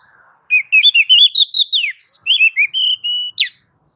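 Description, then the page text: Oriental magpie-robin in a smooth chain of warbled whistles. It moves into level, held tones and closes with a sharp, sweeping downward note. Female calling a male; masteran tutor sound for training kept magpie-robins. "Kacer betina memanggil jantan. Suara Masteran Burung Kacer"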